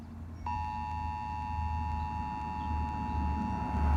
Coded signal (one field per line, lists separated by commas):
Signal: Emergency Alert System (SAME) tones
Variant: 853 and 960 Hz attention tone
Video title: [EAS #38-39] San Francisco's Required Monthly Test on 106.9 FM KCBS and 102.1 FM KRBQ